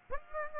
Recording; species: mosquito wingbeat signal from an infrared sensor; Aedes aegypti